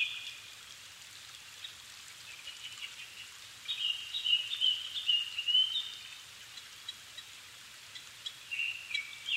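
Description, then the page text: Japanese thrush song, a brief phrase at the start, a long run of rich whistled and trilled notes in the middle, then a shorter phrase at the end, with a steady hiss beneath. Recorded 7 May 2011 at 17:59, evening, at 270 m altitude, on a Sony PCM-D50 with Panasonic WM-61A microphones. "kurotugumi 20110507-1759. Turdus cardis"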